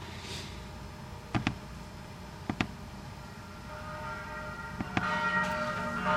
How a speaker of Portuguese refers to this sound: Vocês perceberam os sinos na outra e nessa aqui também, né? Ou seja, a música tem uma outra preocupação. Tudo bem, tem o sino tocando, é meio que nem na igreja, né?